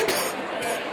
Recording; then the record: coughing mixed with background sound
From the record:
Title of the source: 30 Chesty and wet cough